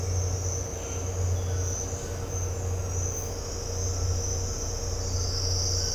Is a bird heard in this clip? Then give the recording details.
no. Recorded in dense forest near Puerto Asís, Putumayo, Colombia, on 9 March 2025 at 07:30. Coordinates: 0.468, -76.322. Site GP01